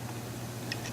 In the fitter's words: you just press it on and the collar goes forward and it locks into place now your probe is connected